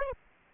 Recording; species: mosquito wingbeat signal from an infrared sensor; Aedes aegypti